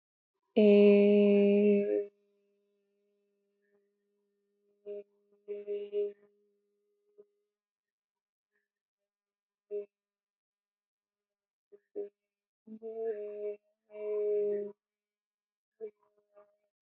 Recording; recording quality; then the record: sustained vowel as in made; excellent, no background noise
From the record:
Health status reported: healthy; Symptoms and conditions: none ticked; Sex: female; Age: 23 years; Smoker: not ticked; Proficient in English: yes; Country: India